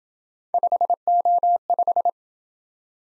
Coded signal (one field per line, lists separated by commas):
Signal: Morse code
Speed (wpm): 27 wpm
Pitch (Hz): 700 Hz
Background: none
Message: 5O5